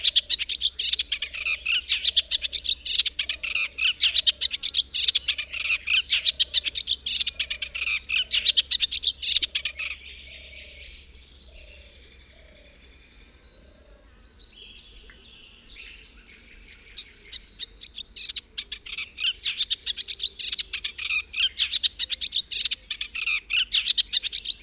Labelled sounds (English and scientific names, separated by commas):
Eastern Olivaceous Warbler (Iduna pallida) song